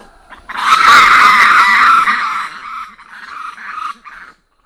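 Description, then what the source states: Black lemur call, a loud harsh wailing cry with a broad noisy band, sustained for about two seconds, then weaker broken notes. Recorded in Ambato, Madagascar.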